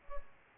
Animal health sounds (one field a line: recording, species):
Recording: mosquito wingbeat signal from an infrared sensor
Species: Culex pipiens